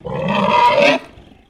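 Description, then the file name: Pig screech: one harsh, grating squeal lasting about a second, raspy and loud throughout, then cutting off and fading quickly. Landrace breed pig, screeching. "PIG LANDRACE EDGAR"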